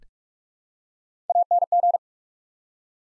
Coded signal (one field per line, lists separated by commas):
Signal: Morse code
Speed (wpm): 44 wpm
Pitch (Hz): 700 Hz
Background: none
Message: ANG